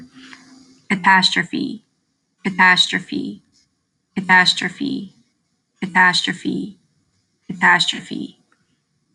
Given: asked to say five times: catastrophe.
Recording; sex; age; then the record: repeated word; female; 18 to 19 years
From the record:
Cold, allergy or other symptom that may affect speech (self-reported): no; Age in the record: 19 years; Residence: Texas, United States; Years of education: 14